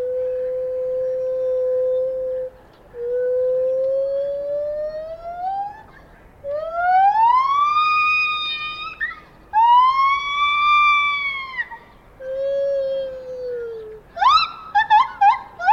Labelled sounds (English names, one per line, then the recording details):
Lar Gibbon
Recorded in captivity
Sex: pair
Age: adult
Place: Tierpark Berlin, Berlin, DE
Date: 1989-12-26
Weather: sonnig, -2°C
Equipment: Sony WM-D6C, Kopie 19 cm
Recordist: Tembrock, Günter